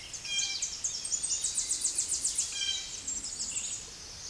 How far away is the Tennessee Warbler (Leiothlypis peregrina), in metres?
about 30 m